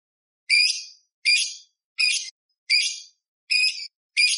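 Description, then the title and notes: Eurasian tree sparrow giving harsh, buzzy rasping notes, repeated evenly about every three-quarters of a second. Eurasian tree sparrow "tarung" (fighting) song used as a master recording for training cage birds. "MASTER GEREJA TARUNG. burung gereja"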